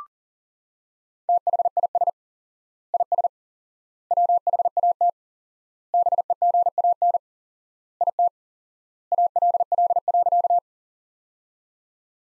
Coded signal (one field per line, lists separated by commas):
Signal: Morse code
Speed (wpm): 40 wpm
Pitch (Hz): 700 Hz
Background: none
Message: THIS IS WHAT BEGAN IT ALL.